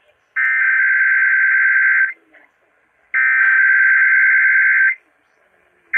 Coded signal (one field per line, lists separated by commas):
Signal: Emergency Alert System (SAME) tones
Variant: header bursts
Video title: LAST SAN FRANCISCO RMT OF 2021! Broadcast Radio EAS: Required Monthly Test (EAS #582-584)